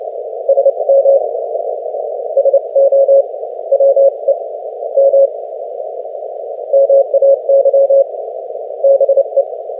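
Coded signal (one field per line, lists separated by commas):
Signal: Morse code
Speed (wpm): 27 wpm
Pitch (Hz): 550 Hz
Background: none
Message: SM SO WE M MAY BE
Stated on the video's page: Morse QSO at 30 wpm between two amateur operators, a fast code-buddy contact practising sending and copying.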